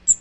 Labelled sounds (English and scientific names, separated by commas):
Magnolia Warbler (Setophaga magnolia) flight call